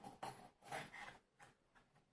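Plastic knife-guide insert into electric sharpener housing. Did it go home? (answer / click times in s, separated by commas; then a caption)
no / none. A plastic guide insert marked for knives is turned the right way round and pressed into its slot in an electric knife sharpener housing. Short rubbing, scraping handling sounds are heard, with a sharp rise at about 0.2 s, then fainter scrapes. Nothing has seated or clicked yet; the clip ends just before the insert goes home.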